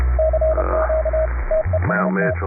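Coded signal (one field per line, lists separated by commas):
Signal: Morse code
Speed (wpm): 30 wpm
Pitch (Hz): 630 Hz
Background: speech, radio noise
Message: CQ TEST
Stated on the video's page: Heard on a 160-meter AM-only net.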